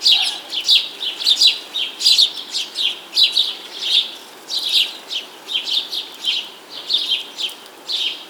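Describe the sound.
Bird song of sharp, high twittering chirps, delivered in dense uneven clusters of a few notes each with short pauses between.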